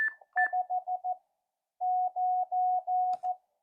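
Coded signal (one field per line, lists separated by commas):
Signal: Morse code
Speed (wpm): 14 wpm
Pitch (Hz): 730 Hz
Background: radio noise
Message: 5 9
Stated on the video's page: Yaesu FT-857 transceiver being tested with an added analog meter.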